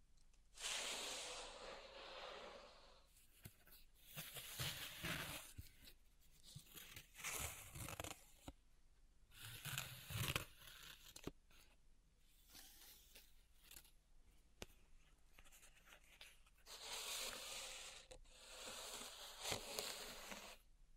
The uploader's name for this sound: Pink Salt Zen Garden Triggers